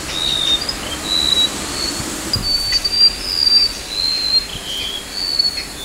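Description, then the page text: Golden-bellied gerygone giving a run of high, sweet whistled notes that vary slightly in pitch, with one brief click. Recorded at Rafflesia Centre, Borneo, on 16 August 2009. "Sound of Golden-bellied Gerygone at Rafflesia Centre by NELSON, Mike - Borneo Bird Images"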